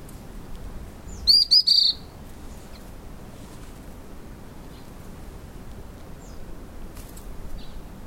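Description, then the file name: White-browed fulvetta singing a single quick high phrase of a few sharp, thin notes. After it there is near quiet with faint background noise. "fulvetta-white-browed Fulvetta-vinipectus"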